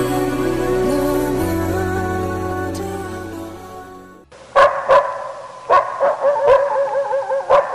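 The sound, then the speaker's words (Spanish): A sustained musical passage plays for about four seconds, then gives way to a dog barking loudly in a series of about six sharp, irregular barks. “A uno que pega a su perro.”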